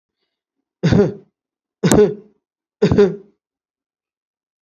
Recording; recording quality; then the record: shallow voluntary cough; excellent, no background noise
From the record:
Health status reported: healthy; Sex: male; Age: 40 years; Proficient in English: yes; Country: India